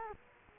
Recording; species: mosquito wingbeat signal from an infrared sensor; Culex quinquefasciatus